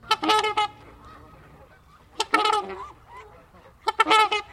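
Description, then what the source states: Trumpeter Swan honking calls in three bursts of loud, harmonic, nasal notes, separated by quiet pauses. Trumpeter swans at the Kellogg Bird Sanctuary, Great Lakes region; population grew from a few dozen eggs in the mid-1980s to over 2,000 birds by 1999.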